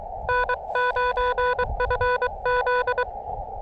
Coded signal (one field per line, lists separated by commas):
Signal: Morse code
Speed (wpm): 23 wpm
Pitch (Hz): 990 Hz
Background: none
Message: N9FZ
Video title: Deja Vu: CW POTA at Chenango Valley State Park.....again......With the Elecraft KX2 and AX1 antenna